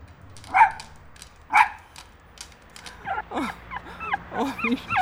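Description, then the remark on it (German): A small dog, Miss Rosie, found at a dumpster, gives two sharp, high yaps about a second apart, then after a short pause lets out a string of wavering, whiny whimpers that rise and fall in pitch. “Ist das tatsächlich dein Hund?”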